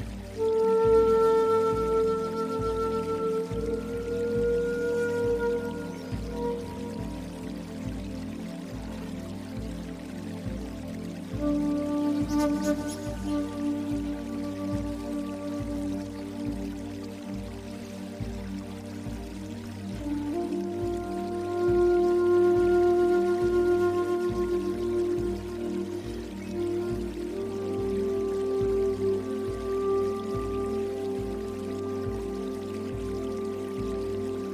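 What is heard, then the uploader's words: A native American flute plays long, held notes in a slow, gentle melody, shifting pitch every few seconds. Underneath, a soft low pulsing pad repeats steadily, with a faint trickle of water running throughout at an even level. New age native american flute music and forest water sounds and new age zen music for sleeping and relaxing.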